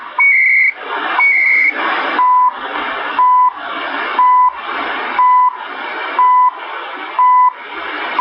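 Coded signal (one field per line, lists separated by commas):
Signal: radio time signal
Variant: CHU Canada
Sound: two short high data warbles, then six steady one-second beeps through hiss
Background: radio static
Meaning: Each 1 kHz pulse marks one second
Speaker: 3330 CHU Canada time signal.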